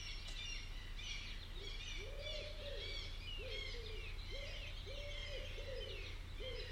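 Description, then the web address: Bird calls: several low, arched hooting notes, some doubled, with busy high chirping and a constant low hum. "cianscape birddata Deverinetal 2025 File origin Bird Only"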